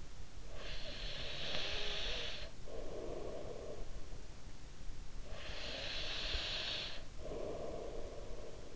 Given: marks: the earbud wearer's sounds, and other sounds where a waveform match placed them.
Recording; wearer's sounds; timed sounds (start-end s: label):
sounds in sleep by an in-ear microphone; breath
0.13-4.19 s: breath
4.76-8.76 s: breath